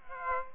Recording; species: mosquito wingbeat signal from an infrared sensor; Aedes aegypti